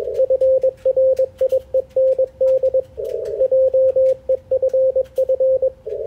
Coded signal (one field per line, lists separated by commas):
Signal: Morse code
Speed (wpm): 21 wpm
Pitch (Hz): 530 Hz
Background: radio noise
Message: FRIEND JEFF